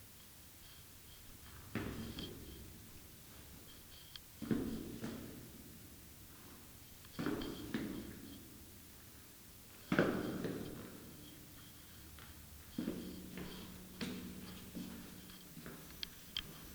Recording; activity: daily activity, guitar pickup as the sensor; go downstairs